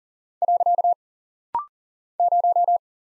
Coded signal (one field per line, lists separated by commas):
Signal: Morse code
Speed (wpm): 40 wpm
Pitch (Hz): 700 Hz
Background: none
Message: . 0